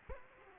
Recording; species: mosquito wingbeat signal from an infrared sensor; Culex quinquefasciatus